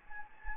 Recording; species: mosquito wingbeat signal from an infrared sensor; Anopheles gambiae